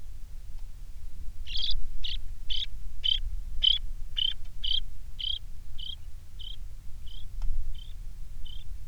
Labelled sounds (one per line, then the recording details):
songbird
rain
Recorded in the Prudhoe Bay oil fields, Alaska, on 27 July 2019 at 18:33
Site 19